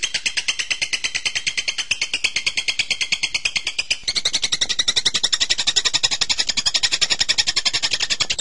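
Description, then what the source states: Bird producing an even stream of rapid, high pulsed notes, louder in the second half. Birdsong training recording (masteran) of a bird's voice.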